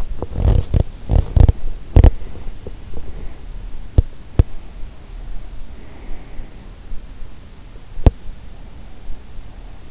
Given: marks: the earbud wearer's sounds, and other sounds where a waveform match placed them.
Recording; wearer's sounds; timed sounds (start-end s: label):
sounds in sleep by an in-ear microphone; teeth grinding
0.00-4.59 s: teeth grinding
7.83-8.30 s: teeth grinding